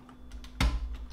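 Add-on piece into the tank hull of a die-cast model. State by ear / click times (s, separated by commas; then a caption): seated / 0.6 s. An add-on piece is pushed down and then forward into the hull of a die-cast 1:32 model tank until its small tabs lock into place at the top. A few faint taps lead up to one sharp click at 0.6 s as the tabs seat, and the piece is locked in place.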